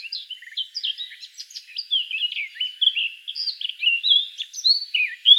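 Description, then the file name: Eurasian blackcap warbling steadily, a continuous stream of quick, varied chirpy and fluty notes with no pauses. "Sylvia atricapilla"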